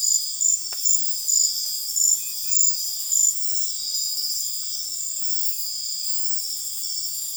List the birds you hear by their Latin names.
none